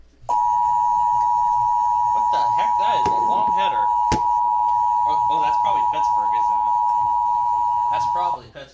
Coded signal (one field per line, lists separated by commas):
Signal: Emergency Alert System (SAME) tones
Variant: 853 and 960 Hz attention tone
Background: speech